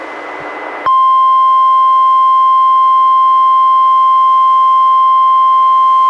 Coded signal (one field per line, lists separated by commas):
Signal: Emergency Alert System (SAME) tones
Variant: 1050 Hz attention tone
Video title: EAS #478-487: NWR 9 Special Marine Warnings and 1 Tornado Warning- Mar. 19, 2021